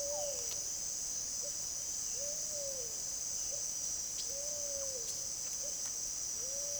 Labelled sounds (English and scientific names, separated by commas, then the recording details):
Pale-vented Pigeon (Patagioenas cayennensis)
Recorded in secondary vegetation near Puerto Asís, Putumayo, Colombia, on 22 June 2025 at 17:30
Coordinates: 0.489, -76.322
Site G021